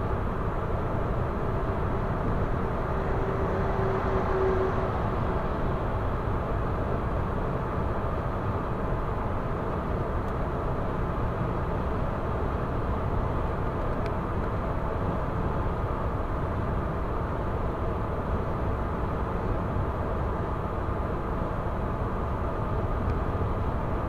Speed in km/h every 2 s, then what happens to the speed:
120, 120, 120, 119, 119, 118, 118, 117, 116, 116, 116, 116.
0-24 steady at about 118.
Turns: none.